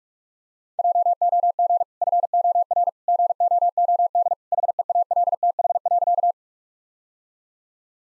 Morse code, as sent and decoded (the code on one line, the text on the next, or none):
.--- --- --. / ..-. --- .-. / --. --- --- -.. / .... . .- .-.. - .... .-.-.-
JOG FOR GOOD HEALTH.